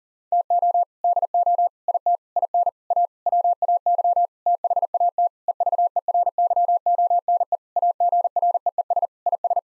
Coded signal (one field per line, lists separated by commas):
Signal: Morse code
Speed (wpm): 40 wpm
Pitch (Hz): 700 Hz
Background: none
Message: TO DO IT IN A WAY THAT EVERYONE AGREES IS